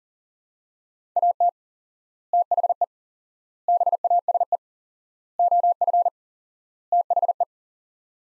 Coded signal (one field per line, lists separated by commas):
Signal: Morse code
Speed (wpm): 40 wpm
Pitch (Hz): 700 Hz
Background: none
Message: AT THE BASE OF THE